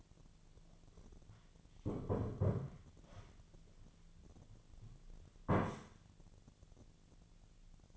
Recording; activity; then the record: daily activity, microphone in the room; sit down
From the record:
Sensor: 4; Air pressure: 1008.9 hPa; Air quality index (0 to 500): 171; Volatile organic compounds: 5 ppm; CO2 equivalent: 1715 ppm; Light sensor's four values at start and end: 23/73/28/27 and 23/73/28/27